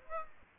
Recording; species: mosquito wingbeat signal from an infrared sensor; Aedes aegypti